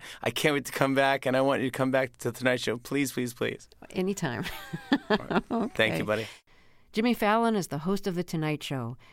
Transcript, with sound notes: I can't wait to come back. And I want you to come back to "The Tonight Show." Please, please, please.
Anytime (laughter), OK.
Thank you, buddy.
Jimmy Fallon is the host of "The Tonight Show."